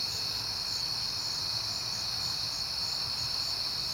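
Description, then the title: Crickets trilling together in an unbroken high-pitched drone above a low background rumble. Crickets recorded on a peaceful night in September. "Night Time: Crickets and Passing Cars"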